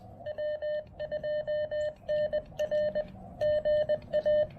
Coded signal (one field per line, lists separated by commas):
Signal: Morse code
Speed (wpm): 21 wpm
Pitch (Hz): 590 Hz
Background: none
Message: W2NR GA